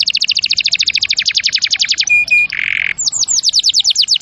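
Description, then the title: Canary trilling a steady fast series of high notes, then a clear whistle, a harsh buzzy burst, and more quick sweeping notes. Champion canary song used as a master recording for training other birds (Indonesian masteran). "Masteran Kenari Juara"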